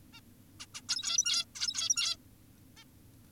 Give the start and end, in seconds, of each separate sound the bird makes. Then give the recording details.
0.14-0.20, 0.60-0.66, 0.75-0.81, 0.89-1.45, 1.56-2.16, 2.77-2.84. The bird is an adult. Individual g17y2U